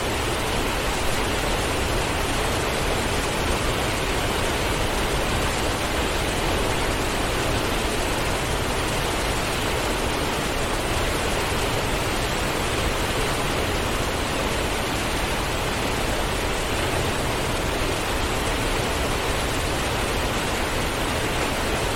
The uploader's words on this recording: Blissful Waterfall Sounds. Soothing Water White Noise.